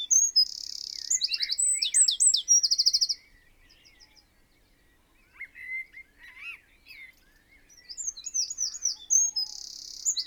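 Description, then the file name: Eurasian wren song opens with rapid shrill trills for three seconds; after a pause with quiet background bird calls, another fast high-pitched burst starts near the end. "Troglodytes troglodytes"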